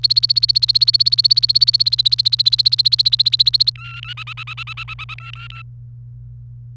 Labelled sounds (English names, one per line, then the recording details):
Domestic Canary song
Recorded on 28 April 2018 at 15:34
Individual llb3